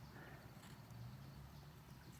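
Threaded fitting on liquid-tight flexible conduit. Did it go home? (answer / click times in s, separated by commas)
no / none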